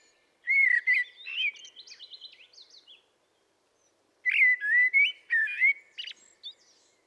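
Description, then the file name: Common blackbird: a mellow warbled phrase ending in a soft high twitter, a pause of about a second, then another fluted phrase. "Turdus merula"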